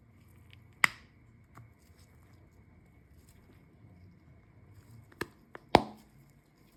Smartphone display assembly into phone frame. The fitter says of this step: și apoi ocolim încet pe părțile laterale până când auzim sunet de pocnituri, așa știți sigur că ecranul este fixat.